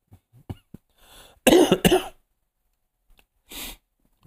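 Adult man coughing, with two strong cough bursts in close succession. His blood oxygen, checked through the night, read 97 to 100.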